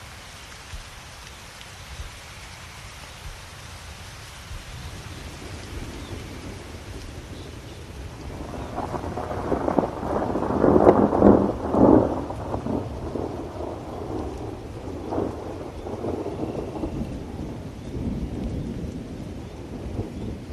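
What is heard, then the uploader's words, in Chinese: Soft rain patters steadily against a window, a dense, even hiss under a low rumble throughout. Around eight seconds a distant roll of thunder swells, peaking near eleven seconds, then slowly fades back into the rain toward the end. 夜雨轻雷。柔和的雨滴轻轻敲击窗棂，远处传来阵阵雷鸣声。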